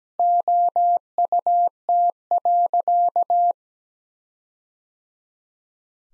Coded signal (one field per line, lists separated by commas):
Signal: Morse code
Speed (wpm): 17 wpm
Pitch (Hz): 700 Hz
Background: none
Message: OUT.